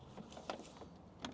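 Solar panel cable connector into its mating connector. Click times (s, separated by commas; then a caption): 1.3 s. Plastic solar panel cable connectors are pushed together, red to red and black to black, against a low background hum. A short sharp transient comes at 0.5 s, then the connector snaps home with a crisp click at 1.3 s. It is seated and holds.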